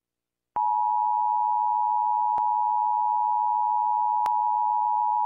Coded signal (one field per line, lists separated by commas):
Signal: Emergency Alert System (SAME) tones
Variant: 853 and 960 Hz attention tone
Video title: Misiles nucleares en Chile | EAS Scenario